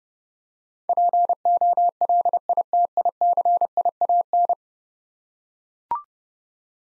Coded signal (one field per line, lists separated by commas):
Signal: Morse code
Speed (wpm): 32 wpm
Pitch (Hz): 700 Hz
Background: none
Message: POLITICIAN